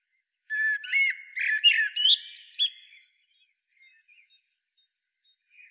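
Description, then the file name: Common blackbird singing a mellow fluted warble that breaks into a squeaky, high twittering ending, then fades to near silence with faint chirps. "Turdus merula"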